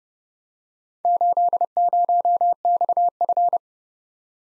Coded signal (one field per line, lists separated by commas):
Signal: Morse code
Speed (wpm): 29 wpm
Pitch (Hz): 700 Hz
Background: none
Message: 80XF